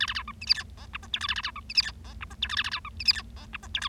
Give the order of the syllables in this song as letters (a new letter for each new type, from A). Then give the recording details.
A A B C D E F G H I J K A A B C D E F G H I J K A A B C D E F G H I J K. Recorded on 25 March 2012 at 15:56. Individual gy6or6